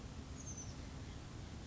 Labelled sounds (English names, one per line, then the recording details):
Oak Titmouse
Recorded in Sonoma County, California